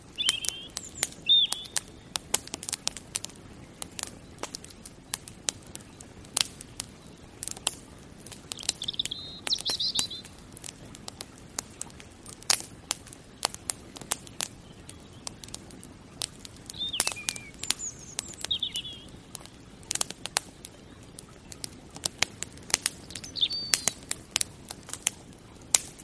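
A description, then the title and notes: A fire crackles and pops steadily over a low hush, while a bird chirps briefly every few seconds. Relaxing Fireplace & Nature Sounds.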